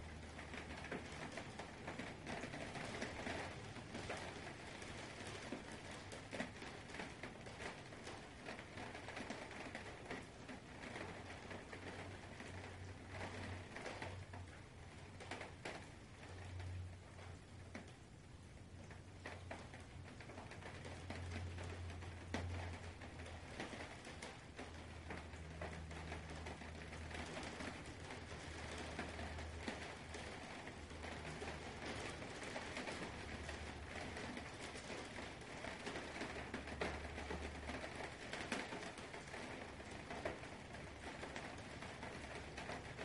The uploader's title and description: Thunder Sounds Amidst the Rain. Deep rumbles of distant thunder to blend with the gentle patter of rain against your window